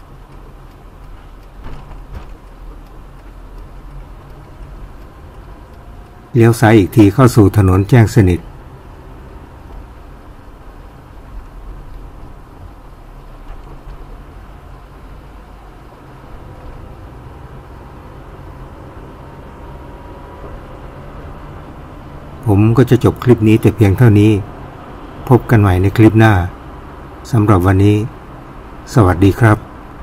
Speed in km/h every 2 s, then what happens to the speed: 18, 18, 19, 23, 28, 28, 24, 21, 24, 28, 32, 36, 39, 43, 44.
0-5 steady at about 18. 5-8 speeds up to 28. 8-15 slows to 21. 15-30 speeds up to 44.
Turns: none.